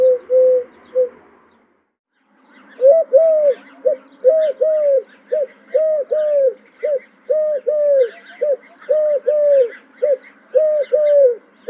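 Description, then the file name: Eurasian collared dove giving repeated three-note coos, two long notes then a short one, phrase after phrase, with faint twittering of small birds behind. "Tourterelle turque"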